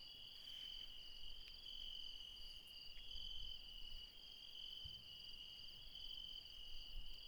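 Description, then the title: Insects trilling at night in steady, high continuous tones at two pitches, with a slight pulsing waver and a low background rumble. Late night in the mountains at Refuge Krevatia, Barbala (Μπαρμπαλά), Dion, Greece. "Refuge Krevatia, Μπαρμπαλά, Dion 601 00, Greece - Late night mountain insects"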